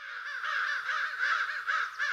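Crow making a continuous rough, gravelly call with a wavering, pulsing quality, running unbroken for about two seconds.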